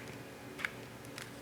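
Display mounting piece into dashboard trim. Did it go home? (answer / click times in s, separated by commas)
no / none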